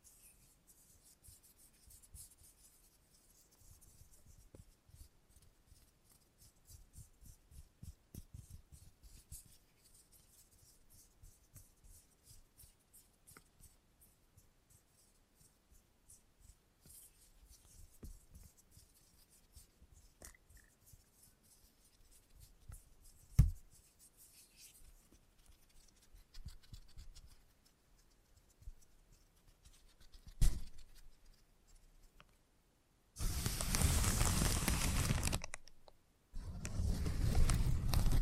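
Soft, scattered scissor snips and rubbing through most of the salon haircut, with sharp clicks near 23 and 30 seconds, then loud blasts of noise from 33 seconds.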